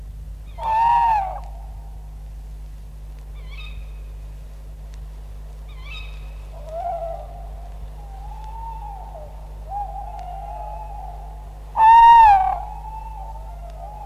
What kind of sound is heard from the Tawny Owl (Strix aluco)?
call